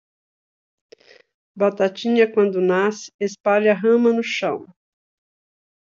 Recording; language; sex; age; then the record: short text; Brazilian Portuguese; female; 60 to 69 years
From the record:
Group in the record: control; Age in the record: 63 years